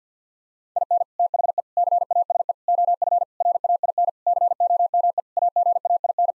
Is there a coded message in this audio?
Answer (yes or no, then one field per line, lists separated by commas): yes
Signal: Morse code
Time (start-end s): 0.8-6.3 s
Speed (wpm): 50 wpm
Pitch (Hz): 700 Hz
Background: none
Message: IN THE CASE OF RAIN COME AGAIN